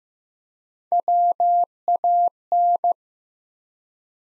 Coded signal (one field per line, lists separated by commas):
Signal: Morse code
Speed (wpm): 15 wpm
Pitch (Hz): 700 Hz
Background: none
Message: WAN